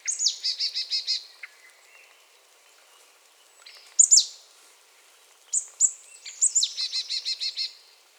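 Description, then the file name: Marsh tit giving buzzy repeated note series, often led by a thin, sharp high note, with one long pause. "Poecile palustris"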